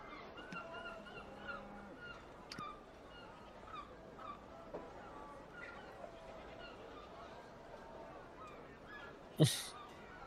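Seagulls call again and again in short honking cries over a steady low rumble of boats at a port in the early afternoon, with one sharp, loud clatter near the end.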